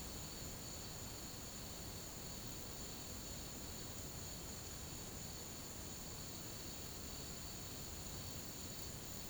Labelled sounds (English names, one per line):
none